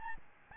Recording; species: mosquito wingbeat signal from an infrared sensor; Aedes albopictus